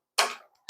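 A lawn mower control cable fitting is pushed into its mounting clip on the bracket and seats with a sharp, bright click at 0.2 s that rings down over about a quarter second. A faint tick follows near 0.6 s and another short tick near 0.7 s.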